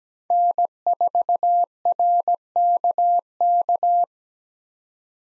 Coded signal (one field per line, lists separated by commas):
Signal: Morse code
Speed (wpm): 17 wpm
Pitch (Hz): 700 Hz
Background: none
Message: N4RKK